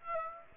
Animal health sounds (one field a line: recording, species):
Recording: mosquito wingbeat signal from an infrared sensor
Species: Aedes aegypti